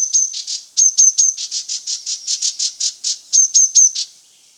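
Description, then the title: Green-backed tit giving rhythmic harsh, buzzy notes, interleaved with thin, high whistles in groups of three, stopping before the end. "G3latik b4t0. Green-backed Tit (Parus monticolus)"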